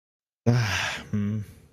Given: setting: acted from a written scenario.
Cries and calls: vocal sound without words; sympathy

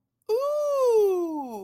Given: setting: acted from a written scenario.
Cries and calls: vocal sound without words; positive surprise

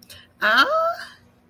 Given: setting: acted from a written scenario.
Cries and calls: vocal sound without words; confusion

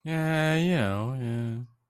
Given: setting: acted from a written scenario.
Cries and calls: vocal sound without words; neutral

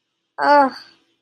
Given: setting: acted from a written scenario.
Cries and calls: vocal sound without words; embarrassment

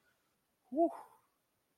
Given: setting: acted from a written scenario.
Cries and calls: vocal sound without words; contentment

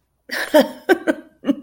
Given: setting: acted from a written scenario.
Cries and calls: vocal sound without words; amusement

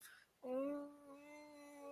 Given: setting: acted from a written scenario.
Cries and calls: vocal sound without words; pain

